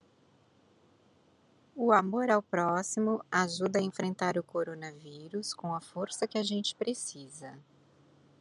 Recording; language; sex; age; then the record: spoken sentence; Brazilian Portuguese; female; 40 to 49 years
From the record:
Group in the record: control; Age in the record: 48 years